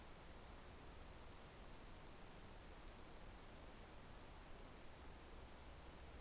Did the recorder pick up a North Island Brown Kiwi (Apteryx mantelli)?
no